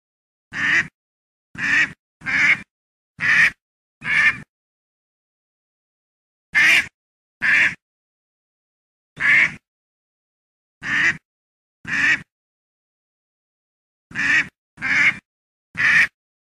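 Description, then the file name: Duck giving short harsh quacks in irregular runs, with silent gaps of up to about two seconds. "Odglosy zwierzat kaczka"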